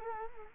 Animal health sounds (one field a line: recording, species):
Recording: mosquito wingbeat signal from an infrared sensor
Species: Culex quinquefasciatus